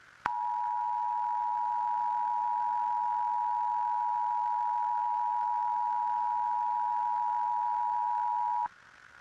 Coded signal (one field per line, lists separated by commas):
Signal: Emergency Alert System (SAME) tones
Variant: 853 and 960 Hz attention tone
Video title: EAS Scenario - The Creature: Do Not Go Outside